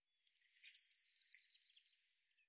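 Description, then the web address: Eurasian blue tit: a thin, high descending note and a couple of sharper notes, then a quick, even trill of several slightly lower notes. "Deverinetal"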